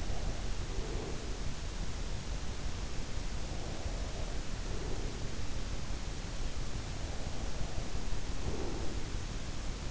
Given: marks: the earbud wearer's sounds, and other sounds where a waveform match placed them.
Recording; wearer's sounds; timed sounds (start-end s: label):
sounds in sleep by an in-ear microphone; breath
0.00-1.55 s: breath
3.19-5.78 s: breath
7.21-9.50 s: breath